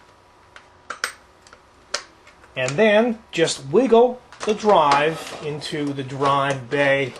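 Plastic tool-less drive rails are pushed onto either side of a drive, with no screws, before it goes into a bay of a Thermaltake Xaser III Super Tower Series PC case. Faint ticks lead to sharp plastic clicks at 1.0 s and 2.0 s as the rails snap onto the drive and seat. Then someone talks.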